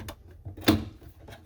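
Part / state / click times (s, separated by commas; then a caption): task light fixture into furniture cabinet channel / seated / 0.7 s. An Inspire Furniture task light fixture, lined up with the pin and hole in a furniture cabinet's plastic channel, is pulled toward the installer and snaps into place with a sharp click at 0.7 s, after a few quieter handling taps. The light is seated in the channel.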